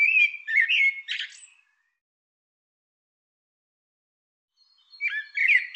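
Bird squawks: a rapid run of harsh, buzzy chattering notes, then three seconds of silence before another scratchy series begins.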